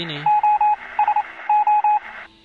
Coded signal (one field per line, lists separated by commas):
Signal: Morse code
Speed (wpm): 29 wpm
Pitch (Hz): 840 Hz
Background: none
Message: OSO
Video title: Ketika Bahasa dan Jarak Menjadi Kendala di Lautan: Semaphore dan Morse Solusinya